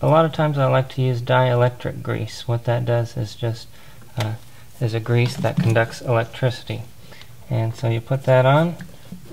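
Someone talks while dielectric grease is being applied before fitting a rubber spark plug wire boot onto a spark plug terminal. The clip is almost all speech with short pauses and no sharp transients. The boot has not yet been pushed home, so nothing has snapped or seated yet.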